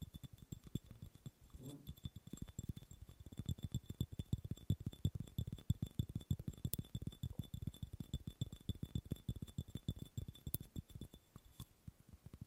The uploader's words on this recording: ASMR Fast & Slow Tapping on 6 Objects No Talking.